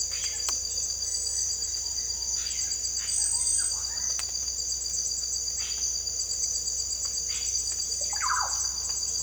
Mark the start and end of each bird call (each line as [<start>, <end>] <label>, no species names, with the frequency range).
[0.10, 0.67] bird call (1.1-4.1 kHz)
[2.37, 4.08] bird call (0.7-4.6 kHz)
[7.91, 8.46] bird call (0.4-2.7 kHz)